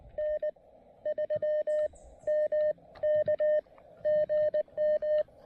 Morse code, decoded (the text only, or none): N 3 M K GM